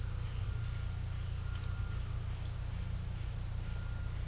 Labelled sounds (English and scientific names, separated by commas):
none